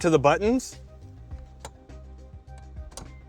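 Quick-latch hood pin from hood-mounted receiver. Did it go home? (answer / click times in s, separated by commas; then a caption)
released / 1.6 s, 3.0 s. Someone talks briefly over music, then the release buttons on a quick-latch hood pin are pressed to free it from its hood-mounted receiver. Sharp clicks are heard at about 1.7 s and 3.0 s, and the hood pin latch comes off, released.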